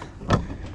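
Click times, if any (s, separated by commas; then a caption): none. A push-button quick-release pin from a push-style quick-disconnect latch is pushed into its receiver on the front bumper of a Honda Civic EK. A faint tick at the start is followed by a louder, brief broadband knock around 0.3 s, then quiet low rumble. The pin lines up, but nothing has seated or clicked yet because the angle is too sharp.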